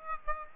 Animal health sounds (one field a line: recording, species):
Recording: mosquito wingbeat signal from an infrared sensor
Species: Aedes aegypti